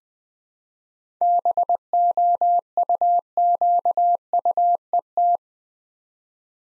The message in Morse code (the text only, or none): BOUQUET